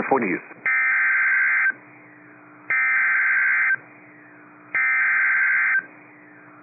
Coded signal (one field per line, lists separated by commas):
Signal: Emergency Alert System (SAME) tones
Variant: header bursts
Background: speech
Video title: Severe Thunderstorm Warning - 11/04/22 (EAS #2,674)